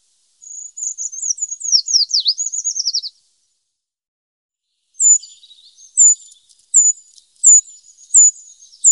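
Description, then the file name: Eurasian treecreeper sings a high, quick descending trill of thin notes lasting a few seconds, then after a pause gives a series of sharp high call notes. "Tradkrypare"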